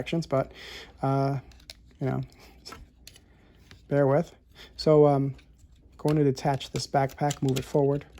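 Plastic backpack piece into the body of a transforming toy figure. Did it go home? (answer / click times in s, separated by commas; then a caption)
no / none. A plastic backpack piece is being attached to the body of a transforming toy jet figure and moved forward as someone talks. Brief plastic handling ticks sound between the speech at about 2.7, 3.1 and 3.7 seconds. Nothing has seated or clicked into place yet.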